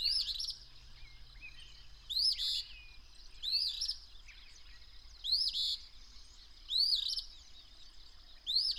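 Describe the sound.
Bird song of sweeping upward whistles with a buzzy tail, repeated several times, over a persistent high steady tone.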